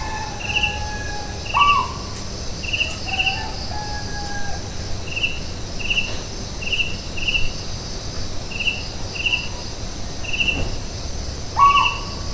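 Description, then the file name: Asian barred owlet calls as short rising whistled notes near the start and end, with several flat tones between, over steady rhythmic insect chirping throughout. Recorded at Kaziranga. "Asian barred owlet Glaucidium cuculoides, Kaziranga"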